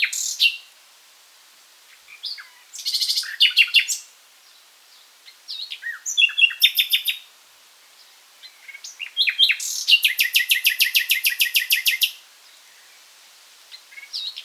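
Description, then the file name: Common nightingale singing varied phrases, ending in a long, fast, steady trill of repeated high notes lasting over two seconds, with quick whistles and chirps between. "Luscinia megarhynchos"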